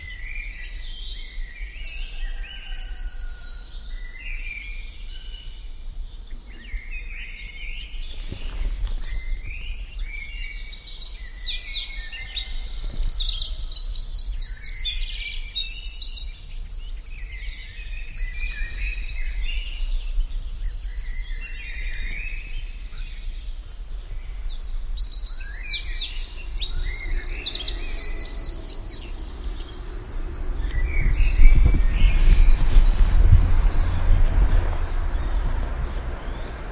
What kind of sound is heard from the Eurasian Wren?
song